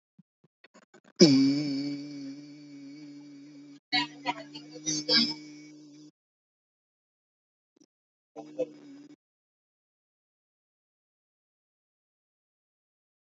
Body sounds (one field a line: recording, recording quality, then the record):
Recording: sustained vowel as in beet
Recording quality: moderate, slight background noise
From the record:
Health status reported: healthy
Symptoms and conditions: none ticked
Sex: male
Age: 25 years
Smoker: not ticked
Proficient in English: yes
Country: India